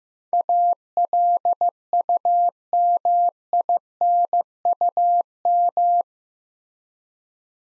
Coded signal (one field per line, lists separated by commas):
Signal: Morse code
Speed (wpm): 15 wpm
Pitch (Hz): 700 Hz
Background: none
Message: ALUMINUM